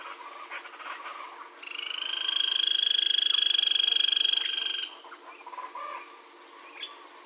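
Grey-crowned woodpecker giving a rapid, even, buzzy trill of fast pulses, high-pitched and rich in overtones, lasting about three seconds.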